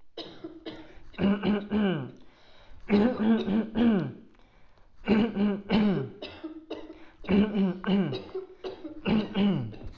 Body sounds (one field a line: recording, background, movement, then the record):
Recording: throat clearing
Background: a bystander coughing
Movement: sitting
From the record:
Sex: male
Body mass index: 20.6 kg/m2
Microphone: on the chest, facing outward